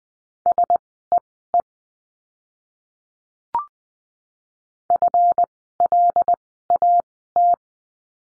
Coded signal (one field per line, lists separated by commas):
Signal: Morse code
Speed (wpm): 20 wpm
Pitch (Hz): 700 Hz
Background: none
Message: SEE FLAT